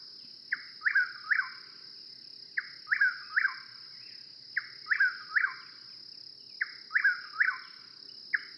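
Chuck-will's-widow giving repeated whistled phrases about every two seconds, a faint chuck then two sweeping notes, over a shrill insect drone and low background rustle.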